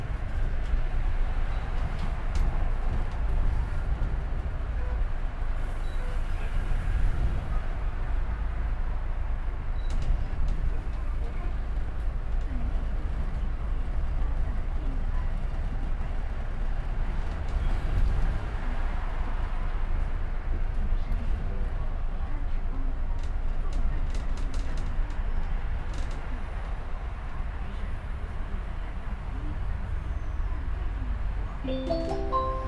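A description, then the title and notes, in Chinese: Sitting outside in the sun beside the 300 express road, with a steady, dense rumble of passing traffic throughout. A brief high hiss cuts in around six seconds, faint voices surface now and then, and a short rising beeping tone appears at the very end. 坐在300快外晒太阳｜城市声音。很喜欢300快外公交，坐在二层的第一排，被太阳从头到脚晒着，很浪漫。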